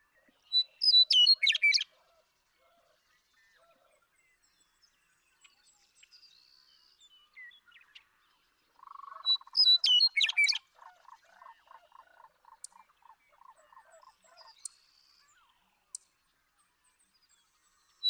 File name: Western Meadowlark